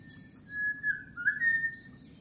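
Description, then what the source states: Unidentified bird whistling: a short slurred note followed by a lower dip sliding up into a sustained clear whistle. In mangroves; bird species unknown.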